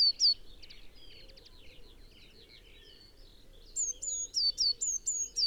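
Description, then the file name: Eurasian blue tit gives a couple of high notes at the start, then softer twittering, then a quick series of high notes, some hooked downward, near the end. "Cyanistes caeruleus"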